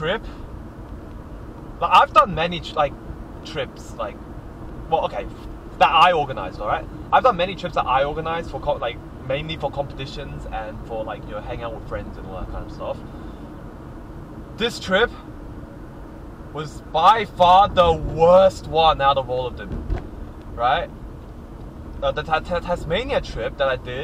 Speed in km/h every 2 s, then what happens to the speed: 61, 62, 64, 60, 59, 57, 56, 54, 53, 55, 56, 58.
4-15 slows to 53.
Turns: none.